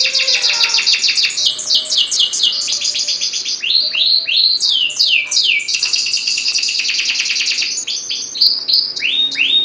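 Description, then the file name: Atlantic canary song, a continuous high-pitched run of rapid trills and rolling tours, with repeated downward-sweeping whistled notes mixed between fast chattering phrases. Domestic canary, standard type. "suara kicauan kenari standar. omkicau"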